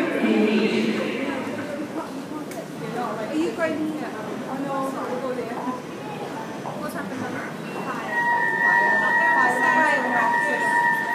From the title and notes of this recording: The Fire Alarm has been activated at Heathrow Airport Terminal 5 by Melanie Koeppen.